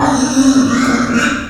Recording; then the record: squeal of a Yucatan mini pig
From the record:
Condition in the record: after surgery on the right vocal fold (resection and tissue-engineered implant); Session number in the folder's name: 6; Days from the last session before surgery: 40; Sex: female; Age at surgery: 19 weeks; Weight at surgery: 25 kg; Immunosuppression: prednisolone